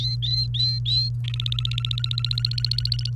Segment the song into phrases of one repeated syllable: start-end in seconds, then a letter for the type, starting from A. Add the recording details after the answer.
0.00-1.09 A, 1.24-3.10 B. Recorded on 29 April 2018 at 06:39. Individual llb3